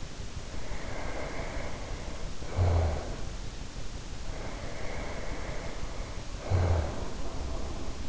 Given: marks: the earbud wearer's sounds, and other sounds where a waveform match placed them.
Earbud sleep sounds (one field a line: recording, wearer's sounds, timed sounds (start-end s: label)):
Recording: sounds in sleep by an in-ear microphone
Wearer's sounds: snoring breath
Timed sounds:
0.26-3.51 s: snoring breath
4.26-8.09 s: snoring breath